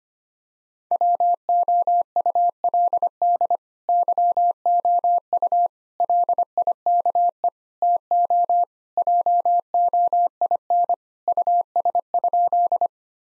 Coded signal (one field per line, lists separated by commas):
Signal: Morse code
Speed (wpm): 25 wpm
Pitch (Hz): 700 Hz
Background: none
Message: WOULD YOU LIKE TO JOIN US?